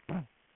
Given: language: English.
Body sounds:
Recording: throat vibration sensor signal played as sound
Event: throat clearing

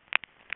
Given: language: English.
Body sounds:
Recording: throat vibration sensor signal played as sound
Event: swallow

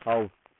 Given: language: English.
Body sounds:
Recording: throat vibration sensor signal played as sound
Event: speech

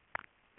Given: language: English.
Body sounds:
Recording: throat vibration sensor signal played as sound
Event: swallow

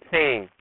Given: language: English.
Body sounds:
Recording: throat vibration sensor signal played as sound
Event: speech

